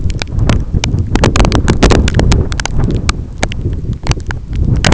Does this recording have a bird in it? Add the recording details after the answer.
no. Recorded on Arctic tundra, site EABA-1, on 25 June 2018. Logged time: 06:00